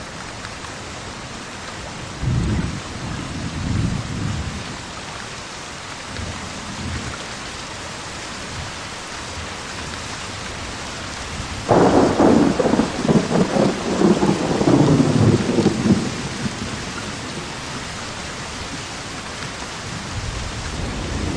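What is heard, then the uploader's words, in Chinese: Steady rain hisses throughout a thunderstorm, a dense, even wash with no letup. Low thunder rumbles in around two to four seconds, then a louder roll builds near twelve seconds and grumbles on until about sixteen before fading back into the rain. 纯自然声、雷雨声助眠音频（无人声）。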